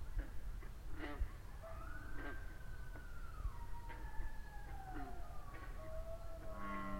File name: coyotes